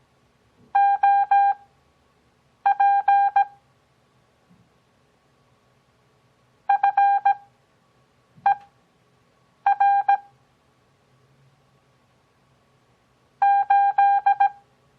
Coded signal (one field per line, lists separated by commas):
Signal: Morse code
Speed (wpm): 17 wpm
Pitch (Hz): 800 Hz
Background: none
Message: OP FER 8